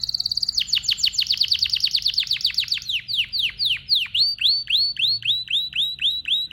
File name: طائر الكناري (اشهر طيور بصوت عذب)